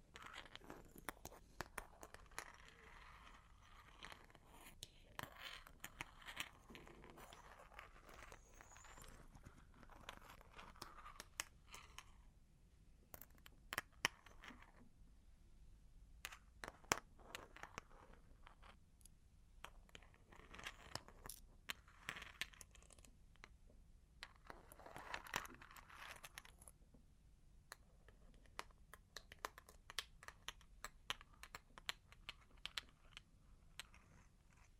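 Long claws tap and scratch in uneven bursts, with sharp, bright clicks scattered throughout and clustered runs around 1–4, 13–17 and 25–27 seconds. Softer scraping fills the gaps between taps, and brief quiet pauses break up the rhythm.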